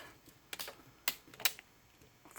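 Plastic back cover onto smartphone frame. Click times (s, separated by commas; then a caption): 0.5 s, 1.1 s, 1.5 s. A plastic back cover is pressed onto the frame of a ZTE ZMAX PRO Z981 smartphone so its edge clips snap home. Sharp clicks are heard at about 0.5, 1.1 and 1.5 seconds, with fainter ticks in between. The cover clips are seated.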